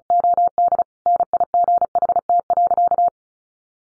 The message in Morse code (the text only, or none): OD NIGHT.